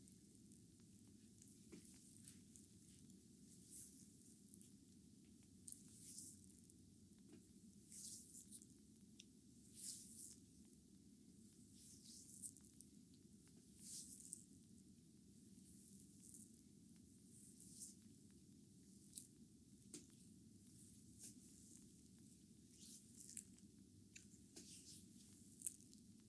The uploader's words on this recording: ASMR massage with Bamboo brooms by Adel. Rare type of massage using bamboo brooms.